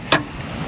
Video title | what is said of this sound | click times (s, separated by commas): Absolutely Necessary Mods For Ninja 400 | you hear how it clicks in you see how it's fully disengaged | 0.1 s